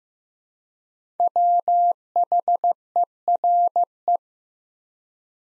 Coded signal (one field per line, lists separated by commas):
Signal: Morse code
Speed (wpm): 15 wpm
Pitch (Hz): 700 Hz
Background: none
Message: WHERE